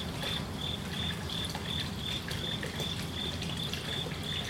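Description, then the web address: Cricket chirping in a fast, even series of high pulses, with trickling water and a low background hum underneath. Single cricket singing at night beside a koi pond in a Japanese garden, Magome, Japan; babbling water and distant traffic. "Lynne Music 2 Amb Koi Pond Night Cricket Magome Japan"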